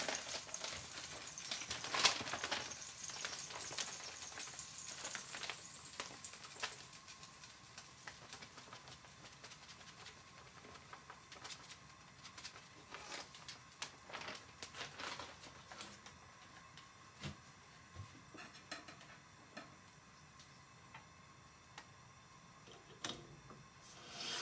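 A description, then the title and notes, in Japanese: Cabbage-yaki cooking, with loud bright sizzling for the first seven seconds, then softer hissing broken by scattered clicks, taps and a faint steady tone. 大阪名物キャベツ焼き。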